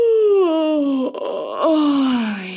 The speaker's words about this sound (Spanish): Otra genialidad que se le ha ocurrido al cuerpo es bostezar.